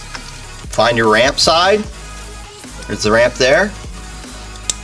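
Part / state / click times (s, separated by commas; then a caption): wiring harness connector lock on engine sensor plug / seated / 4.7 s. While installing a MADNESS MAXPower PRO on a Fiat 500 Turbo/Abarth, the locking tab of a wiring harness connector on an engine sensor plug is pushed over its ramp as someone talks over a steady low hum. A single sharp click at 4.7 s marks the lock latching, and the connector is seated.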